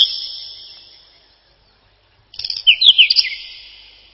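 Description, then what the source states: Whinchat song: the tail of one phrase fades out, silence follows, then a quick jumble of scratchy, descending high notes. Song described as a short twittering trill.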